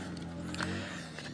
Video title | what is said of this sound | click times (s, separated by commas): motorlu tırpan misina ve testere değişimi 🫠 | E başka seçeneğim yok. Heh. Çıtı duydunuz mu arkadaşlar? | 0.6 s